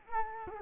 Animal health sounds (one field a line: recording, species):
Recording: mosquito wingbeat signal from an infrared sensor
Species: Culex quinquefasciatus